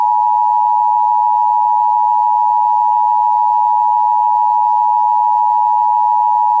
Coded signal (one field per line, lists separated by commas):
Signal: Emergency Alert System (SAME) tones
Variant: 853 and 960 Hz attention tone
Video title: EAS #946: EAS Required Monthly Test- July 5, 2024- 10:15AM PDT